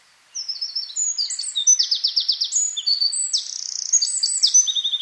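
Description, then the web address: Eurasian wren singing a rapid, ringing cascade of high trills and sharp notes that runs on to the very end. "SETE data Troglodytes troglodytes"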